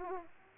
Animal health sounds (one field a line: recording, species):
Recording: mosquito wingbeat signal from an infrared sensor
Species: Aedes aegypti